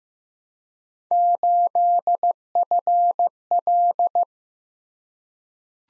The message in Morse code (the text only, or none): 8FL